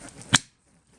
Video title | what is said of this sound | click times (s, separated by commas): Seat Leon Supercopa Race Car- Winter Refresh Part 5 | and if you listen it just clicks back in | 0.4 s